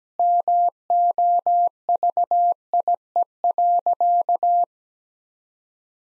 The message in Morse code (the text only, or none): MOVIE.